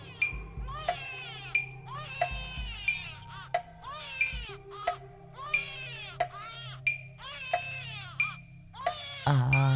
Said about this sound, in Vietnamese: Vết máu loang mỗi lúc một to, rồi tiếng trẻ con khóc choe choé vang lên.